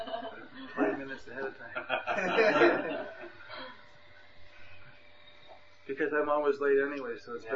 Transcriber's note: devotees laughing